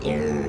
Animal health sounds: contact call of a hoofed animal; pig; closed-mouth grunt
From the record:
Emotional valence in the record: negative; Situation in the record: short social isolation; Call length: 0.49 s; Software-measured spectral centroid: 1660 Hz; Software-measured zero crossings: 1100 a second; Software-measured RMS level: -24 dBFS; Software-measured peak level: -13 dBFS

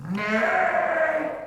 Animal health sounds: contact call of a hoofed animal; sheep; low-frequency (closed-mouth) or high-frequency (open-mouth) call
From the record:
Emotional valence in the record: negative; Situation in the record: short social isolation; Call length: 1.47 s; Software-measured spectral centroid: 1560 Hz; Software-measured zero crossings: 1880 a second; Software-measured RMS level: -24 dBFS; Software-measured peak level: -10 dBFS

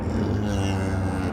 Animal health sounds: contact call of a hoofed animal; cattle; low-frequency (closed-mouth) or high-frequency (open-mouth) call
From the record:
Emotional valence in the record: positive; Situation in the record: visual reunion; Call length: 1.33 s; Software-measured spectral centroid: 1780 Hz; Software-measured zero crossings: 890 a second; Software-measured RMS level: -24 dBFS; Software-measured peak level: -13 dBFS

